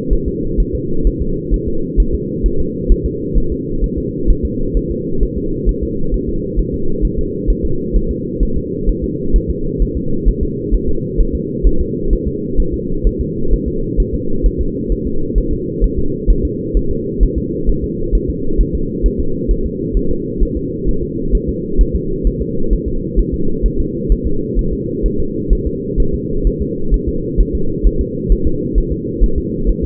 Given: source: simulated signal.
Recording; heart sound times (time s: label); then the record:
fetal heart sounds
0.13 s: S1
0.28 s: S2
0.60 s: S1
0.75 s: S2
1.07 s: S1
1.22 s: S2
1.54 s: S1
1.68 s: S2
2.00 s: S1
2.14 s: S2
2.46 s: S1
2.60 s: S2
2.92 s: S1
3.06 s: S2
3.38 s: S1
3.52 s: S2
3.84 s: S1
3.98 s: S2
4.30 s: S1
4.45 s: S2
4.77 s: S1
4.91 s: S2
5.23 s: S1
5.38 s: S2
5.69 s: S1
5.83 s: S2
6.14 s: S1
6.29 s: S2
6.59 s: S1
6.74 s: S2
7.05 s: S1
7.19 s: S2
7.50 s: S1
7.65 s: S2
7.96 s: S1
8.11 s: S2
8.43 s: S1
8.57 s: S2
8.89 s: S1
9.04 s: S2
9.36 s: S1
9.50 s: S2
9.82 s: S1
9.97 s: S2
10.29 s: S1
10.43 s: S2
10.74 s: S1
10.89 s: S2
11.20 s: S1
11.35 s: S2
11.67 s: S1
11.81 s: S2
12.13 s: S1
12.28 s: S2
12.60 s: S1
12.74 s: S2
13.07 s: S1
13.21 s: S2
13.53 s: S1
13.68 s: S2
14.00 s: S1
14.14 s: S2
14.46 s: S1
14.61 s: S2
14.92 s: S1
15.07 s: S2
15.38 s: S1
15.53 s: S2
15.84 s: S1
15.99 s: S2
16.30 s: S1
16.45 s: S2
16.77 s: S1
16.91 s: S2
17.23 s: S1
17.38 s: S2
17.69 s: S1
17.84 s: S2
18.15 s: S1
18.30 s: S2
18.61 s: S1
18.75 s: S2
19.06 s: S1
19.20 s: S2
19.51 s: S1
19.66 s: S2
19.97 s: S1
20.11 s: S2
20.43 s: S1
20.57 s: S2
20.89 s: S1
21.03 s: S2
21.35 s: S1
21.49 s: S2
21.81 s: S1
21.96 s: S2
22.27 s: S1
22.42 s: S2
22.73 s: S1
22.88 s: S2
23.19 s: S1
23.34 s: S2
23.66 s: S1
23.80 s: S2
24.12 s: S1
24.27 s: S2
24.59 s: S1
24.73 s: S2
25.06 s: S1
25.20 s: S2
25.53 s: S1
25.67 s: S2
26.00 s: S1
26.14 s: S2
26.47 s: S1
26.62 s: S2
26.94 s: S1
27.08 s: S2
27.40 s: S1
27.55 s: S2
27.86 s: S1
28.01 s: S2
28.32 s: S1
28.47 s: S2
28.78 s: S1
28.92 s: S2
29.23 s: S1
29.38 s: S2
29.69 s: S1
29.84 s: S2
From the record:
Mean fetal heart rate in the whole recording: 130 bpm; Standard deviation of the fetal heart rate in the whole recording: 2 bpm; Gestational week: 36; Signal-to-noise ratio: -8.1 dB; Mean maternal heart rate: 72 bpm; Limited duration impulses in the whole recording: absent